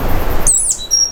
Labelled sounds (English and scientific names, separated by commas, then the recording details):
Stitchbird (Notiomystis cincta) song
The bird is a male
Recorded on Tiritiri Matangi Island, New Zealand, in 2005
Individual 12, of nest box 16